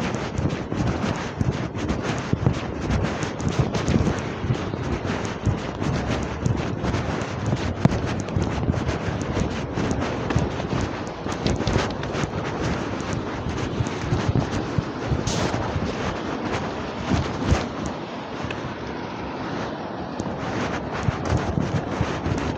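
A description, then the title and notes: An outdoor walk on a wet, grey morning, dominated by steady, dense wind buffeting the microphone with a low rumble throughout. Brief brighter bursts break through, notably around fifteen seconds, and a faint vehicle-like drone sits in the background. Shorty's regular weekly shopping trip starts with a long walk out on a grey and wet Saturday morning.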